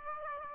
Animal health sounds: mosquito wingbeat signal from an infrared sensor; Aedes aegypti

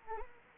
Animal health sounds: mosquito wingbeat signal from an infrared sensor; Anopheles arabiensis

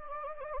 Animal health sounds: mosquito wingbeat signal from an infrared sensor; Anopheles gambiae

